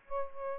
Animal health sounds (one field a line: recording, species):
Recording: mosquito wingbeat signal from an infrared sensor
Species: Aedes aegypti